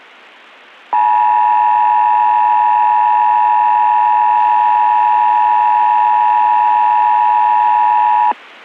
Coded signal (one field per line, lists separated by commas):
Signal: Emergency Alert System (SAME) tones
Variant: 853 and 960 Hz attention tone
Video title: [SFM] EAS